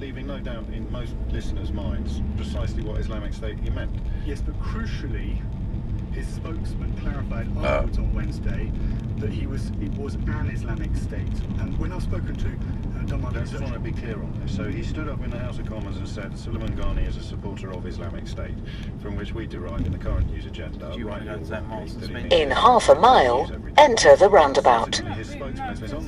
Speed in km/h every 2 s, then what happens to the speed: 16, 19, 23, 26, 27, 27, 27, 31, 29, 27, 29, 31, 27.
0-7 speeds up to 27. 7-26 steady at about 27.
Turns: none.